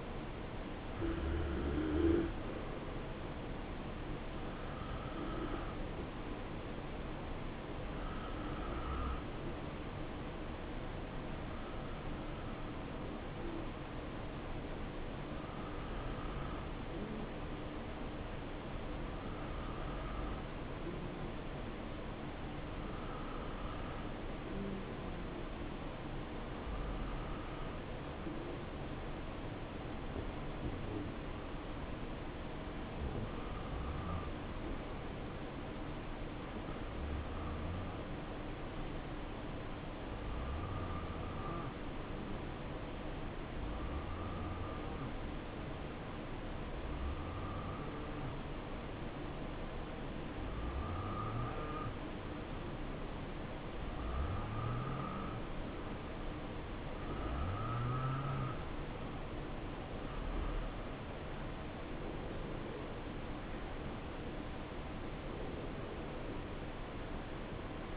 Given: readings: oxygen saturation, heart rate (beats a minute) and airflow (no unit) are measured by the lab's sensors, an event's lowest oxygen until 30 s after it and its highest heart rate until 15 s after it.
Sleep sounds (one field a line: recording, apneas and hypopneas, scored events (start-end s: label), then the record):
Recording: breathing in sleep by a voice recorder at the bedside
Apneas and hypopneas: 1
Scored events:
25.00-60.20 s: hypopnea (N2, oxygen 93% highest, then 90% lowest, heart rate 69 at the start, 71 highest)
55.00-67.97 s: new sleep stage, N1 (lightest sleep)
From the record:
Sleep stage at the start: N2 (light sleep)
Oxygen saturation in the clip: 84 to 93%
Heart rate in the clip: 62 to 71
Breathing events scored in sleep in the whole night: 277 in 7.4 hours asleep